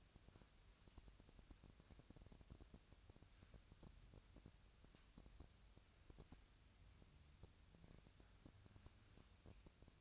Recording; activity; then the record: daily activity, microphone in the room; wipe stove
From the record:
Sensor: 2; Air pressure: 1003.1 hPa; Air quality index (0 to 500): 202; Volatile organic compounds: 6 ppm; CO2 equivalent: 1917 ppm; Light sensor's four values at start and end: 7/17/7/8 and 7/18/7/8